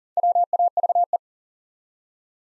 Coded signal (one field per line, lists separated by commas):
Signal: Morse code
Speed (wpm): 38 wpm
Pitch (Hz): 700 Hz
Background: none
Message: WAVE